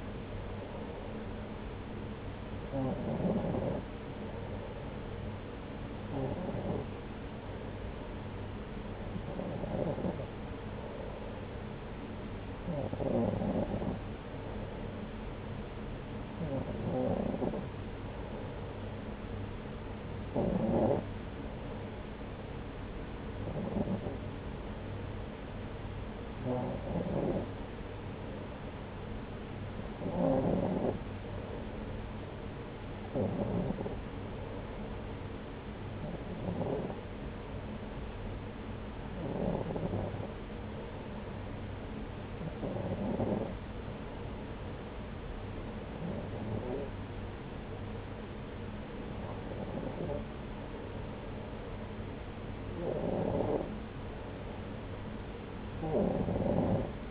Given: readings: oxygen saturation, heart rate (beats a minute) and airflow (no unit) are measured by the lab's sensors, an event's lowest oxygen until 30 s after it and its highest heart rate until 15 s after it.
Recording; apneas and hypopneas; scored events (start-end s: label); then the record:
breathing in sleep by a voice recorder at the bedside; none
none scored
From the record:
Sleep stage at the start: N2 (light sleep); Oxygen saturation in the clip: 93%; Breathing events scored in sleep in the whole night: 303 in 8.1 hours asleep